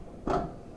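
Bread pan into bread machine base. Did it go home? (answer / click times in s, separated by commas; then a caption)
no / none. A bread pan is handled as it goes into a bread machine base. A soft, low handling sound swells around 0.3 s and fades. Nothing has seated or clicked yet.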